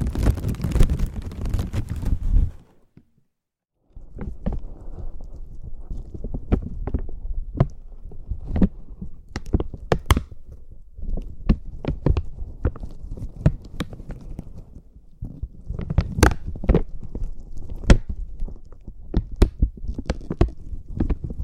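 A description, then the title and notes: Slow, gentle crinkling, made of soft scattered crackles and taps with occasional sharper snaps. A denser, rumbly handling stretch opens the clip, then it falls silent briefly around the third second before quieter, sparse crinkles resume and continue unevenly. ASMR Slow & Gentle Crinkle Triggers. (No Talking).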